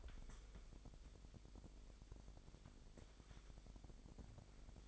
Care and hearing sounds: daily activity, microphone in the room; wipe stove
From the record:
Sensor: 5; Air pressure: 1001.7 hPa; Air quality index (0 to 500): 180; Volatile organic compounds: 11 ppm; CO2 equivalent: 2304 ppm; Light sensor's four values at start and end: 24/82/31/32 and 24/81/30/32

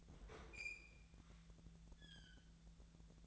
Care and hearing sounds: daily activity, microphone in the room; open fridge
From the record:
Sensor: 3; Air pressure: 1009.7 hPa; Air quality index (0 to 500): 191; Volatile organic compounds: 15 ppm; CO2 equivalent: 2483 ppm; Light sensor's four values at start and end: 38/94/40/43 and 38/94/40/43

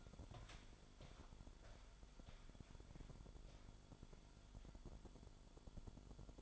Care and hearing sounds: daily activity, microphone in the room; walk to room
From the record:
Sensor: 5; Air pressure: 1008.3 hPa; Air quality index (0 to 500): 126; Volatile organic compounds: 1 ppm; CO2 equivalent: 968 ppm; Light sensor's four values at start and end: 33/77/31/30 and 34/79/32/31

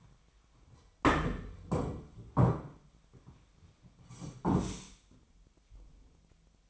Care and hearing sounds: daily activity, microphone in the room; sit down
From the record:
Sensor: 1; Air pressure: 1007.9 hPa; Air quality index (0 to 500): 192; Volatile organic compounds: 17 ppm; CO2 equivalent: 2594 ppm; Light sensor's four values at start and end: 13/33/13/14 and 13/33/13/15

